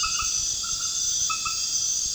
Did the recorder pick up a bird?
no